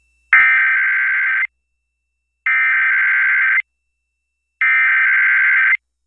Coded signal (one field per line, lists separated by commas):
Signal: Emergency Alert System (SAME) tones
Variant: header bursts